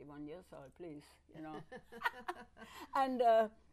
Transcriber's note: laughs